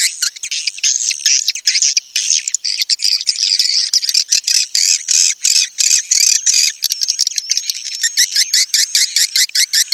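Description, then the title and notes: Swiftlet giving rapid, rasping high chirps, closely packed and uneven, forming a continuous busy chatter throughout. Sound used for swiftlet farming in Asia. "Swiflet Bird Sound. Farming Swiflet Bird asia sound"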